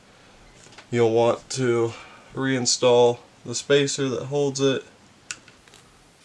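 Someone talks while handling the plastic spacer that holds a Wolverine BLINC drop-in engine inside an airsoft rifle receiver, with a few faint handling taps near the end around 5.3 s. The spacer is being reinstalled, but nothing has seated or clicked yet.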